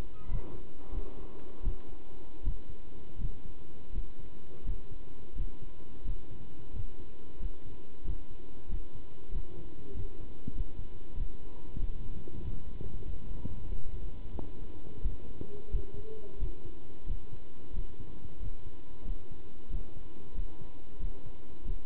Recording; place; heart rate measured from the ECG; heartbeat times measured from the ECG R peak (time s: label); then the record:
heart sounds by stethoscope; between the tricuspid and mitral areas; 90 bpm
0.29 s: heartbeat
0.92 s: heartbeat
1.64 s: heartbeat
2.45 s: heartbeat
3.19 s: heartbeat
3.93 s: heartbeat
4.66 s: heartbeat
5.36 s: heartbeat
6.05 s: heartbeat
6.73 s: heartbeat
7.40 s: heartbeat
8.05 s: heartbeat
8.70 s: heartbeat
9.32 s: heartbeat
9.94 s: heartbeat
10.56 s: heartbeat
11.17 s: heartbeat
11.80 s: heartbeat
12.42 s: heartbeat
13.05 s: heartbeat
13.68 s: heartbeat
14.31 s: heartbeat
15.03 s: heartbeat
15.72 s: heartbeat
16.40 s: heartbeat
17.07 s: heartbeat
17.74 s: heartbeat
18.40 s: heartbeat
19.06 s: heartbeat
19.71 s: heartbeat
20.35 s: heartbeat
21.00 s: heartbeat
21.66 s: heartbeat
From the record:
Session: pedaling a stationary bicycle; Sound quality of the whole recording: good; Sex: male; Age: 27 years